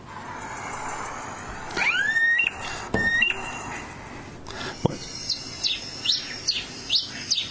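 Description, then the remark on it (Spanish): Red pileated finch (brasita de fuego) song: two bright rising whistled notes, followed by a quick, evenly spaced run of short, high, downslurred chirps over a soft background hiss. “Este que están escuchando se llama Brasita.”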